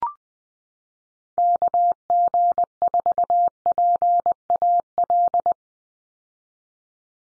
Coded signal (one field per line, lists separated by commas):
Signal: Morse code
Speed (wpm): 20 wpm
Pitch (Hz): 700 Hz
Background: none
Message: KG4PAL